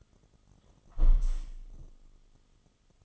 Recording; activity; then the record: daily activity, microphone in the room; close window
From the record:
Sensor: 4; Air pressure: 1005.5 hPa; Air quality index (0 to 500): 99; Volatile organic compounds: 2 ppm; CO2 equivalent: 1220 ppm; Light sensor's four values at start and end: 13/29/11/11 and 13/29/11/11